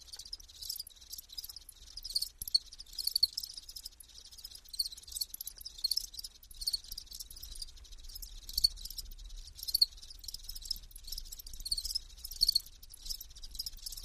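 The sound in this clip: Insect calling: continuous rapid series of thin, scratchy high chirps, pulsing unevenly throughout, over a faint low rumble.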